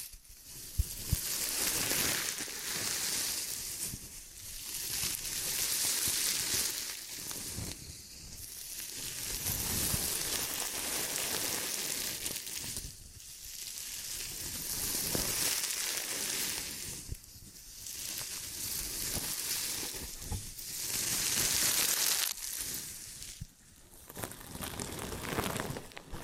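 Ear and scalp massage with dense, crackling rubbing and scratching that comes in repeated strokes, briefly pausing every few seconds before resuming.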